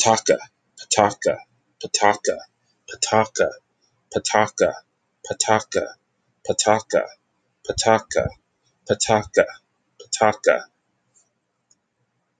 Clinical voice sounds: repeated syllables /pa ta ka/; male; 30 to 39 years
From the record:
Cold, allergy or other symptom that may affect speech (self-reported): no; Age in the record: 36 years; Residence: Nevada, United States

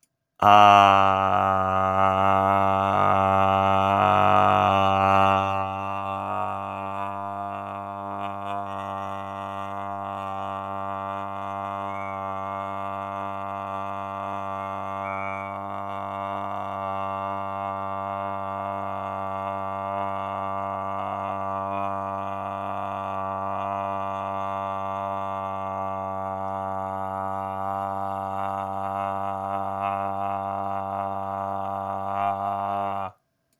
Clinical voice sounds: vowel held as long as possible; male; 20 to 29 years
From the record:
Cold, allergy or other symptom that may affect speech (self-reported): no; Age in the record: 22 years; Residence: New Jersey, United States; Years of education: 16

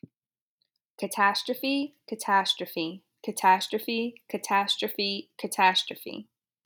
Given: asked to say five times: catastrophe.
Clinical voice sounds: repeated word; female; 20 to 29 years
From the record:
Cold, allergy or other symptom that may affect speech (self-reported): no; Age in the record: 28 years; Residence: New York, United States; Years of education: 18

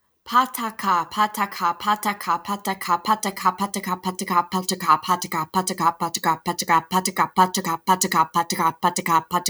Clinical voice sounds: repeated syllables /pa ta ka/; female; 20 to 29 years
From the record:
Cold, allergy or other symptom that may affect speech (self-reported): no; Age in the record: 29 years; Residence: Virginia, United States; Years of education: 16

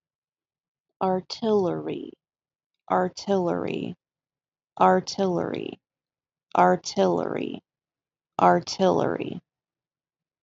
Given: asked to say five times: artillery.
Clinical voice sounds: repeated word; female; 20 to 29 years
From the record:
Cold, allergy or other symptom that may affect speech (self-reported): no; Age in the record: 28 years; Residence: Texas, United States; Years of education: 13

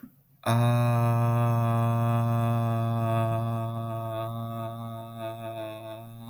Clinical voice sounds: vowel held as long as possible; male; 20 to 29 years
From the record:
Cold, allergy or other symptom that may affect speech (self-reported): no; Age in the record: 21 years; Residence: New Hampshire, United States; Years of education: 14

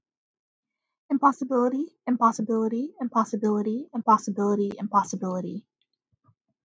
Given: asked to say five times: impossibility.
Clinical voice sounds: repeated word; female; 20 to 29 years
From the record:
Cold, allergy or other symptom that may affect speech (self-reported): no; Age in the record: 25 years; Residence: New York, United States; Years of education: 16

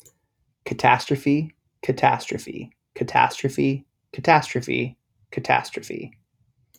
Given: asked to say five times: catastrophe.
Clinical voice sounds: repeated word; male; 30 to 39 years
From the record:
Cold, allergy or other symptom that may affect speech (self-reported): no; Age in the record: 31 years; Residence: South Carolina, United States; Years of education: 21

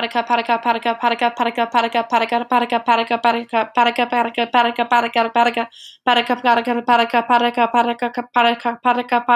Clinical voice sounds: repeated syllables /pa ta ka/; female; 20 to 29 years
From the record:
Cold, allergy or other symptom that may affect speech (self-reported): no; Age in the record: 27 years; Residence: Georgia, United States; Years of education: 19

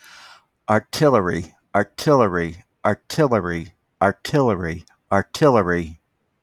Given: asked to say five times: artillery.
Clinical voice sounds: repeated word; male; 60 to 69 years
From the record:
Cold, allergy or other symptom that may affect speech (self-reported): no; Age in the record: 64 years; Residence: Florida, United States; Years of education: 15

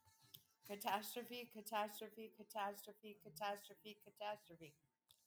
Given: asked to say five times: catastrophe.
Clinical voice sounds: repeated word; female; 40 to 49 years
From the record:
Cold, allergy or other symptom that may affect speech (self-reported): no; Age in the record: 45 years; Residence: New Mexico, United States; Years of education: 13

